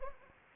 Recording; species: mosquito wingbeat signal from an infrared sensor; Anopheles arabiensis